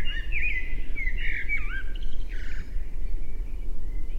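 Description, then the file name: Common blackbird giving a rich, looping warble of clear whistled notes with a few rougher chattering notes, then quieter over constant low-pitched noise. "Turdus merula"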